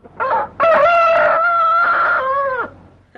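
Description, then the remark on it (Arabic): Among a flock of grown hens, a short, throaty call gives way to a loud rooster crow, one long, bright, drawn-out cock-a-doodle-doo that holds steady for about two seconds before cutting off. No voices. “كبرت دجاجاتك يا سلمى. انظري إلى عرف الديك يا أمي.”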